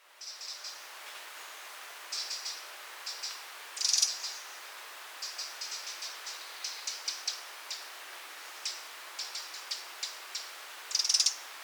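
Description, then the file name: Eurasian wren ticking in irregular runs, with two brief rattling bursts near the fourth and eleventh seconds. "Troglodytes troglodytes"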